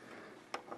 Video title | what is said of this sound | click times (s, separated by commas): The Lego Simpson's House Tour | snaps right in there | 0.5 s